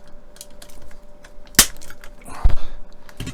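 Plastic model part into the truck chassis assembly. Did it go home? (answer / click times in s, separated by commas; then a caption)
yes / 1.6 s. A plastic part of a model truck's rear axle and suspension assembly is pressed into its mounting on the chassis after an awkward fit. Light tapping and handling noises lead to a sharp, loud click at 1.6 s, followed by scraping and a few smaller knocks. The part seats into place.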